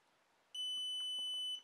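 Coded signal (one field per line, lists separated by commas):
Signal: beep code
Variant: Xiaomi Yi action camera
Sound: one long steady high-pitched beep lasting about one second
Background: faint room noise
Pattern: 1 long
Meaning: The long beep signals the script has been loaded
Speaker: we're only waiting for the long beep that indicates the script has been loaded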